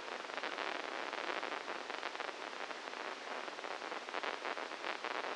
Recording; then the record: brain microelectrode recording played as sound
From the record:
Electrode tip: inside the subthalamic nucleus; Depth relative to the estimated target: -1 mm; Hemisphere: left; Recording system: NeuroSet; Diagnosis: Parkinson's disease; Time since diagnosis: 12 years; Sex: male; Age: 61 years